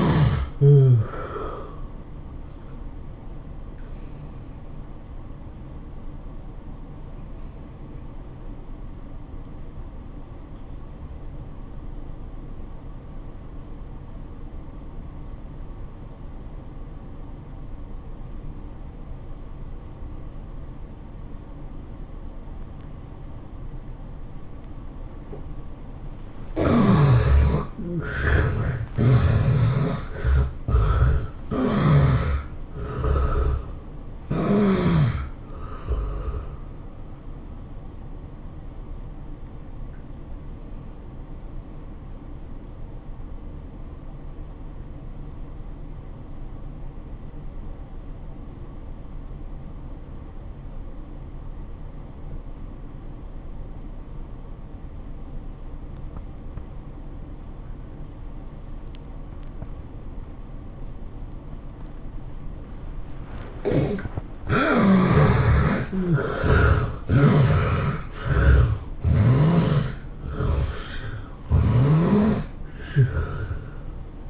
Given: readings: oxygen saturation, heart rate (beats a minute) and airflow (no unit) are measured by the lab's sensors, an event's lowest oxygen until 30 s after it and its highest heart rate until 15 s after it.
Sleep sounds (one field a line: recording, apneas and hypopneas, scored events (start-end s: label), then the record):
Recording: breathing in sleep by a smartphone at the bedside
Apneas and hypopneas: 2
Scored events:
7.00-26.00 s: obstructive apnea (N1, oxygen 96% highest, then 72% lowest, heart rate 96 at the start, 108 highest)
42.00-66.40 s: obstructive apnea (N1, oxygen 96% highest, then 69% lowest, heart rate 90 at the start, 108 highest)
48.00-74.30 s: new sleep stage, N2 (light sleep)
From the record:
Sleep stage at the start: N1 (lightest sleep)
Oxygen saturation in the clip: 72 to 96%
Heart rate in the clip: 75 to 108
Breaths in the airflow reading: 10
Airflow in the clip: -16.8 to 12.2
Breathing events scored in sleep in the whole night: 403 in 5.5 hours asleep